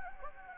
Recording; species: mosquito wingbeat signal from an infrared sensor; Anopheles gambiae